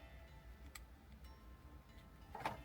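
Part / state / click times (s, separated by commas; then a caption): 8-pin harness connector into factory wiring plug / not seated / none. While installing a Vhedia head unit in a 2020+ Isuzu D-Max, an 8-pin plastic harness connector is tried against a factory 8-pin wiring plug, with brief plastic ticks at about 0.8 s and 2.4–2.5 s over a low background hum. The connector is too big and will not go in, so it must belong to the other 8-pin plug; nothing has seated or clicked yet.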